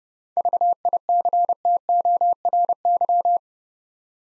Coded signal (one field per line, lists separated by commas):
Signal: Morse code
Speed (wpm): 30 wpm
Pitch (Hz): 700 Hz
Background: none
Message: VICTORY